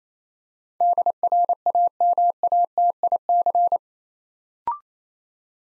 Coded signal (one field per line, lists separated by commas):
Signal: Morse code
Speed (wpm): 29 wpm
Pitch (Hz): 700 Hz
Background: none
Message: DRAMATIC